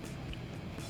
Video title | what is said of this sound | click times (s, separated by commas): Instructional for NorthStar Gas Powered Wet Steam & Hot Water Pressure Washer (SKU #157310) | this will usually connect here on your hot water unit to the coupler you'll hear it click and you know you have a good click fit | 0.3 s